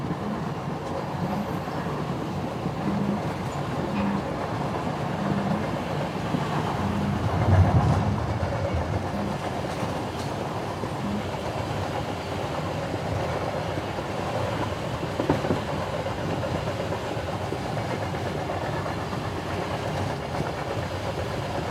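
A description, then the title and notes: Inside a first-class train carriage, a steady low rumble of the moving train fills the space, with a soft rhythmic clatter of wheels running beneath it. A slightly louder surge passes around the seven-second mark, and faint thumps and rattles recur throughout. The cozy confines of a first-class train carriage. Train Sounds.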